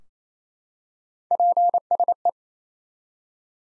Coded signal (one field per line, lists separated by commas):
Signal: Morse code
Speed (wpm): 28 wpm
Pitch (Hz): 700 Hz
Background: none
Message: PSE